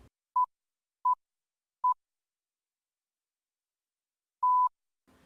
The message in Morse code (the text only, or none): none